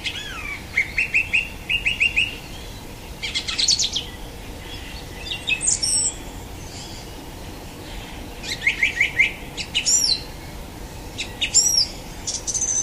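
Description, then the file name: Song thrush song: repeated whistled motifs given in twos and threes, interspersed with high rattling and squeaky phrases, with short gaps between phrases. "Golosa ptic - Pevchij drozd"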